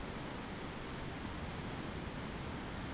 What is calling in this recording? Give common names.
none